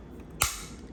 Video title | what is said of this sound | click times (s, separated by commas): Marshalls Kitchen Find! Can This Rotary Grater Really Make Puerto Rican Pasteles Easier? | And it snaps into place. | 0.4 s